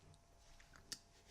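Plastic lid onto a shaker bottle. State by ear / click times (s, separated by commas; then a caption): seated / 0.9 s. A plastic lid is pressed onto a shaker bottle, and two faint ticks at about 0.6 and 0.8 seconds lead to a sharp, bright click at 0.9 seconds. The lid clicks shut and sits firmly closed.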